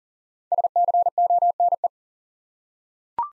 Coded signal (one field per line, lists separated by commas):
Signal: Morse code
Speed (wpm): 40 wpm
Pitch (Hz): 700 Hz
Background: none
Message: SCONE